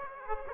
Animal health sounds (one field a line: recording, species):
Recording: mosquito wingbeat signal from an infrared sensor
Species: Aedes aegypti